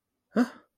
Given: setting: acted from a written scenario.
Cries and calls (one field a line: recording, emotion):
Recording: vocal sound without words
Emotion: negative surprise